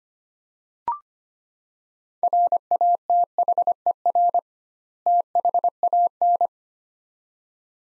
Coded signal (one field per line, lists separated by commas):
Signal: Morse code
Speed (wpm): 25 wpm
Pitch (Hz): 700 Hz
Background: none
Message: RATHER THAN